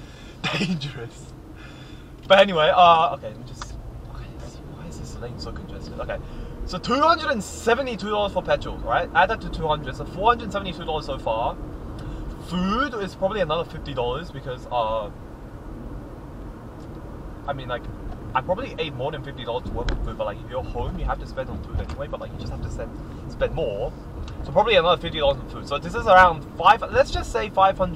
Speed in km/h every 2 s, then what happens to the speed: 38, 34, 39, 48, 53, 54, 50, 51, 51, 50, 49, 48, 49, 47.
3-9 speeds up to 54. 9-28 steady at about 50.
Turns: none.